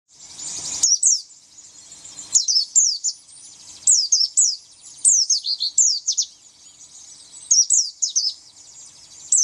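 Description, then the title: White-eye singing in short bursts of thin, high, downslurred notes separated by brief pauses. "Pleci"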